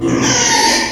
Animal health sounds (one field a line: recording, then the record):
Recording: squeal of a Yucatan mini pig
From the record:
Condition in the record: before surgery on the right vocal fold (resection and tissue-engineered implant)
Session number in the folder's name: 2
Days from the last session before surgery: 0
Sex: male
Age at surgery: 12 weeks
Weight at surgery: 13 kg